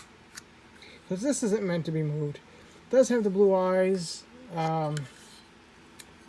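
A plastic helmet/jaw head cover piece is closed over the Megazord head on a plastic toy robot action figure, and a sharp, short snap at 0.4 s shows the clip seating in place. Someone talks afterward, and another brief tap comes near the end of the clip.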